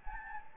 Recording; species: mosquito wingbeat signal from an infrared sensor; Anopheles gambiae